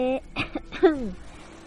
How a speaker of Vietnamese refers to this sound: đành phải ho khan hai tiếng.